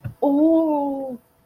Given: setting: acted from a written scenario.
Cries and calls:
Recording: vocal sound without words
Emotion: embarrassment

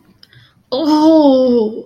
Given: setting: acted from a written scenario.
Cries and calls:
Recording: vocal sound without words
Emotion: pain

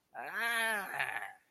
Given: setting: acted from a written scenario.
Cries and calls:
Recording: vocal sound without words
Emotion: disgust

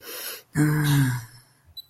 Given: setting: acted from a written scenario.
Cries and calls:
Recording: vocal sound without words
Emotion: ecstasy

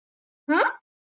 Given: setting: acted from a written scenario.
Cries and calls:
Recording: vocal sound without words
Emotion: confusion

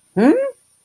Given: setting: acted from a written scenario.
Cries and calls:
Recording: vocal sound without words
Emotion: confusion

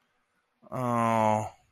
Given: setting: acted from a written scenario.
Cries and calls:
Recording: vocal sound without words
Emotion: sympathy

